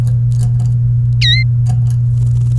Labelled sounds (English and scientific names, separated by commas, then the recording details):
Domestic Canary (Serinus canaria) song
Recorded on 28 April 2018 at 14:44
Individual llb3